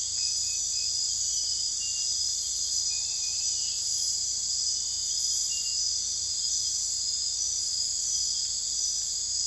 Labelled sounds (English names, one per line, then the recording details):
none
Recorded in secondary vegetation near Puerto Asís, Putumayo, Colombia, on 21 December 2024 at 23:30
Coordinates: 0.484, -76.319
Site GP06